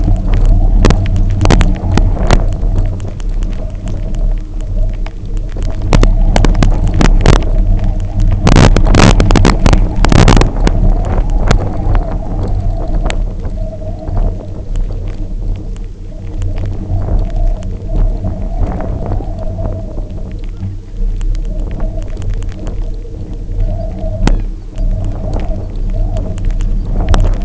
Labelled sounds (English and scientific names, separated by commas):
unidentified sound, Arctic Tern (Sterna paradisaea)